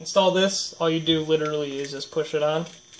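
A Wilcox L4 G70 night-vision mount arm is handled as it is about to be pushed onto its metal/polymer helmet-side shroud mount while someone talks. Nothing has seated or clicked yet, and the clip ends just before the arm goes home.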